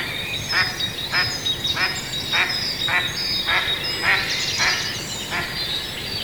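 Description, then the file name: Mallard quacks, short rasping notes repeated about every half second over steady background hiss, with high thin whistles. "Grasand"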